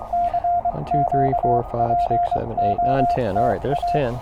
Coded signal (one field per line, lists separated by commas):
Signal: Morse code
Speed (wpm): 23 wpm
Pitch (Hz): 700 Hz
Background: speech, radio noise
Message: CQPOTA